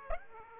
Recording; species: mosquito wingbeat signal from an infrared sensor; Aedes aegypti